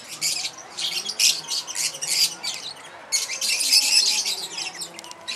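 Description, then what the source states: Lovebird chattering: rapid bursts of shrill, scratchy high squeaks and twitters, coming in quick irregular runs with brief pauses. Mating call, used as a lure.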